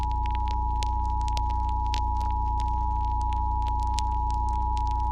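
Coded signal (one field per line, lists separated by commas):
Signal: Emergency Alert System (SAME) tones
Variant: 853 and 960 Hz attention tone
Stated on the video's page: Fictional EAS scenario, an original creation, not a real alert.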